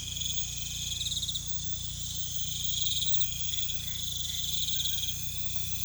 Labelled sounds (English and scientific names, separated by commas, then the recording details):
none
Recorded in pastures near Puerto Asís, Putumayo, Colombia, on 16 December 2024 at 21:00
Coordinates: 0.472, -76.331
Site GP02